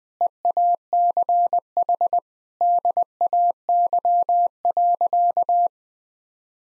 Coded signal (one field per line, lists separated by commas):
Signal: Morse code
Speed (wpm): 20 wpm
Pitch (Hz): 700 Hz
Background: none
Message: EACH DAY.